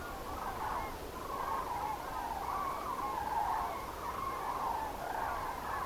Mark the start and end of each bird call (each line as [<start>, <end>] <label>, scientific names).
[0.03, 5.85] Grus grus